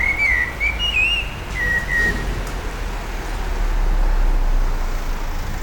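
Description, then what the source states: Common blackbird singing a loud series of fluty, slurred whistles for about two seconds, followed by a rising low rumble like passing traffic. Recorded at a petrol station in April 2021.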